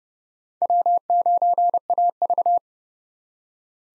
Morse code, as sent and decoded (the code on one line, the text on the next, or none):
.-- ----. .- ...-
W9AV